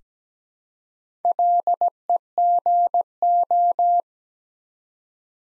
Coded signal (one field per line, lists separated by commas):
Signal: Morse code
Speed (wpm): 17 wpm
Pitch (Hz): 700 Hz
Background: none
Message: LEGO